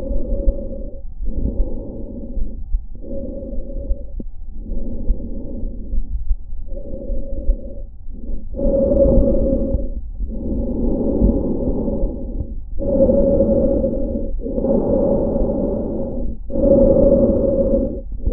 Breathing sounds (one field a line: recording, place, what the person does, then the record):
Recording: lung sounds by stethoscope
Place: trachea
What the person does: quiet breathing, then deep breathing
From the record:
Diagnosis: asthma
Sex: female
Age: 72 years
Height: 160 cm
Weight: 63.4 kg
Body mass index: 24.8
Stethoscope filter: diaphragm mode